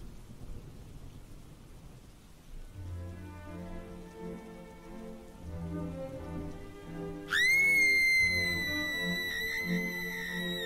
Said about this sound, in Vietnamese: Gió vẫn cứ thổi không ngừng, mưa bắt đầu rơi nặng hạt. Đêm đen u tịch bất thình lình, bị cơn mưa bao phủ.